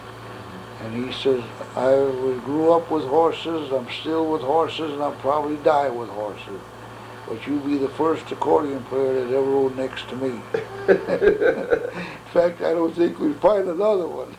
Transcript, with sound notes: and he says, “I grew up with horses and I'm still with horses and I'll probably die with horses --but you'll be the first accordion player that ever rode next to me. [chuckles] In fact, I don't think we'd find another one.